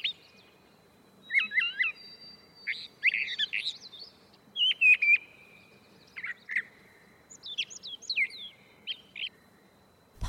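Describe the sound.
Catbird song, a jumbled run of varied short phrases with squeaky whistles, slurred notes and harsher chips, separated by brief pauses.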